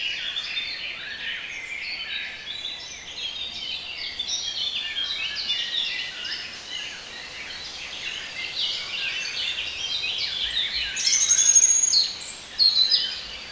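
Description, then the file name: Birds in a busy chorus of thin chirps and twittering over steady background hiss, with a louder burst of high notes near the end. Bird sounds for relaxation. "relaksacja odglosy ptakow"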